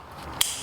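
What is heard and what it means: A mechanical click-type torque wrench set to about 30 foot-pounds tightens a fastener on the rear wheel or shock of a Piaggio BV400 scooter. After a quiet stretch of low background noise, a single sharp, bright click sounds at 0.4 s. The click confirms the wrench has reached its torque setting.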